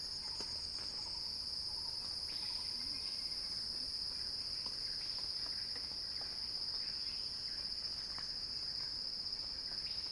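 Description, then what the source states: Cicada drone, a constant high whine with no breaks, accompanied by faint scattered chirps and ticks in the background. Cicada song rising in a crescendo.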